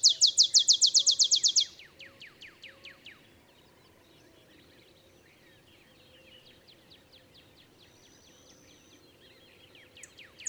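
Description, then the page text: Olive sparrow song: a rapid trill of bright chips for under two seconds, followed by fainter chip series, a quiet stretch, and a new song starting at the end. Olive sparrow singing in early morning in Texas, 50 miles north of the Mexican border; simple songs reminiscent of a field sparrow's bouncing-ball song. "Olive sparrow. Recording early morning just 50 miles north of the Mexican border in Texas"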